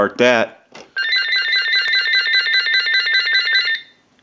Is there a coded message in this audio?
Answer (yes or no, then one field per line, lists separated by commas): no